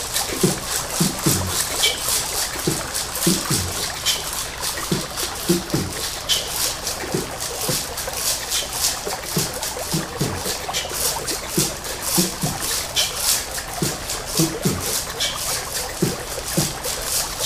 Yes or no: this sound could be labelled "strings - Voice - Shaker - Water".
yes